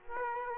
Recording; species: mosquito wingbeat signal from an infrared sensor; Aedes aegypti